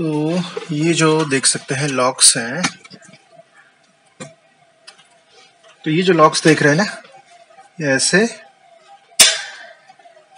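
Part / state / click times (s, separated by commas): grill lock clip on a pedestal fan's grill halves / seated / 9.2 s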